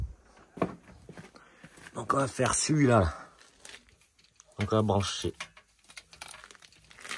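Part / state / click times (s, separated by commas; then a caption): female solar cable connector into male panel connector / seated / 6.2 s. A female plastic solar cable connector is plugged onto the male connector of a solar panel or micro-inverter lead. Someone talks, then the connector locks in with a click at 6.2 s among small handling clicks, and it is seated.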